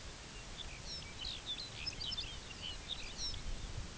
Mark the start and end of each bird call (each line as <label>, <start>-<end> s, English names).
Lapland Longspur, 0.24-3.87 s